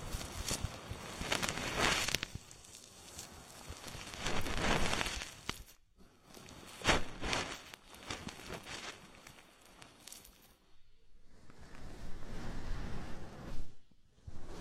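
Slick, wet rubbing and sliding sounds from a body oil massage come in uneven swells, loudest around two, five and seven seconds. Brief near-silent gaps fall at about six and eleven seconds, followed by softer, crackling, fizzy movement toward the end.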